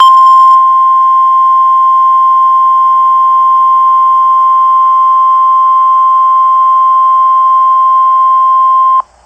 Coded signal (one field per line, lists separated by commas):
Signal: Emergency Alert System (SAME) tones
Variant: 1050 Hz attention tone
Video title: FFW 9/11/2023 for Worcester, Franklin, Hamden and Hampshire counties in Massachusetts EAS #5